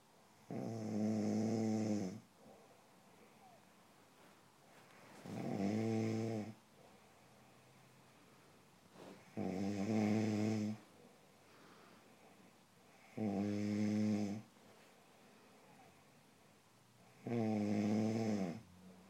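Five loud, buzzing snores from an adult sleeper, about 15 per minute, with quieter breathing between them: ordinary snoring.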